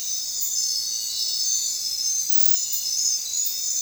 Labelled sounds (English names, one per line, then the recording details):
none
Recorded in secondary vegetation near Puerto Asís, Putumayo, Colombia, on 29 June 2025 at 22:30
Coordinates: 0.499, -76.323
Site G077